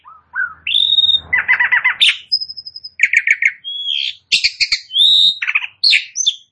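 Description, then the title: Asian pied starling song with a rising whistle, a stuttering pulsed phrase, a thin level whistle and quick clusters of chirps and slurred notes. Starts singing in less than a minute. "Belum Satu Menit Jalak Suren Langsung Bunyi"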